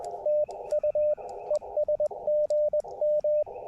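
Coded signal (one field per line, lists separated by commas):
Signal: Morse code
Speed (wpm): 20 wpm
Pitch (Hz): 590 Hz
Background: radio noise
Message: TU ES GM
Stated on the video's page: QRP CW park activation with an Elecraft KX2, telescopic whip antenna and BaMaKeY TP-III paddle, with birdsong in the background.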